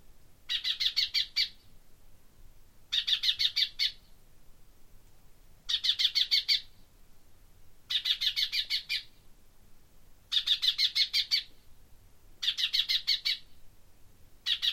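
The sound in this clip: Common chaffinch giving repeated one-second bursts of fast, scratchy clicking notes, about seven bursts throughout at fairly steady intervals, with a quiet background.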